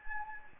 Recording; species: mosquito wingbeat signal from an infrared sensor; Anopheles gambiae